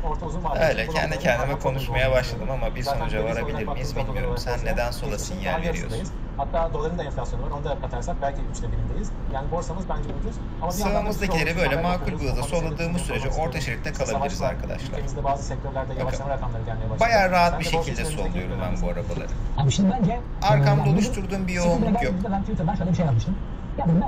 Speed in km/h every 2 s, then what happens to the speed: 93, 95, 100, 103, 105, 106, 106, 106, 106, 105, 105, 101.
0-9 speeds up to 106. 9-24 steady at about 106.